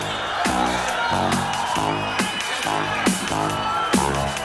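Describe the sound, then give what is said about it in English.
A party crowd screams and cheers in a steady, loud roar, with pitched whoops and shouts rising out of the din roughly once every second, answering a call to put their hands up and scream. “Say it, hey, put your hands up, yeah! Everybody scream!”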